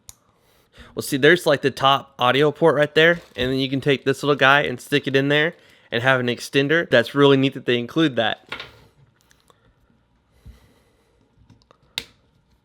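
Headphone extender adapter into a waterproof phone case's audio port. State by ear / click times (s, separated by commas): seated / 12.0 s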